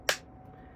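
A phone holder's ball socket is pressed firmly over the ball stud of a vent mount in a 2021–2024 Ford F-150 (cradle mount F-F150-G9-CM), with its back nut loosened most of the way. A single sharp click rings out at 0.1 s, confirming the ball has snapped into the socket and the holder is seated.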